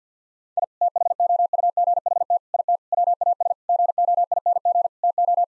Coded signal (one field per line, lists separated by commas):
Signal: Morse code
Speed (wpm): 50 wpm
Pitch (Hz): 700 Hz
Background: none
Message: I THOUGHT IT WAS GOING TO